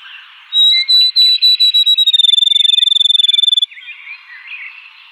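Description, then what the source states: Field sparrow song: clear, slightly falling whistled notes that speed up into a fast even trill, the whole song lasting about three seconds, with other birds chirping softly behind. 2007-01-04.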